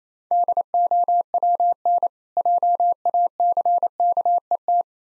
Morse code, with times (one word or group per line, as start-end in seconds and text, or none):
0.3-2.1 DOWN
2.4-4.8 JACKET